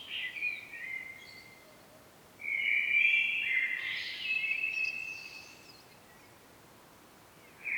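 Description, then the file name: Common blackbird, brief twittering notes, then a loud warbled phrase with scratchy high ends lasting a few seconds, and another phrase beginning at the close. "Turdus merula"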